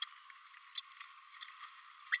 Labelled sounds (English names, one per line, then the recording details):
Green-rumped Parrotlet babbling
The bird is a female
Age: 29 days
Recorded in a nest box in Venezuela
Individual 17B32A5